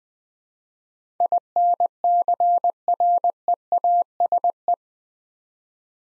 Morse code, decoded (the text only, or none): INCREASE